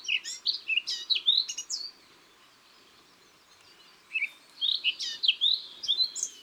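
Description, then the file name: Eurasian blackcap song: two phrases of rapid warbling notes with bright whistled endings, a soft background hiss behind them. "Sylvia atricapilla"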